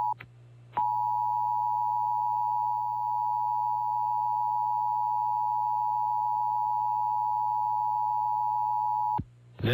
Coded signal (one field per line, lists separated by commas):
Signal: Emergency Alert System (SAME) tones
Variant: 853 and 960 Hz attention tone